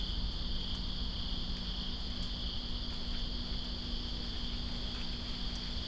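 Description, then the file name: Cricket chorus, an even high-pitched buzzing trill, heard over the soft roar of rain and occasional drips. Greensboro, September 2, 2017, in rain. "Greensboro Crickets And Rain September 02 2017"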